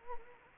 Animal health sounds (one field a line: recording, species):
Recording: mosquito wingbeat signal from an infrared sensor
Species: Anopheles arabiensis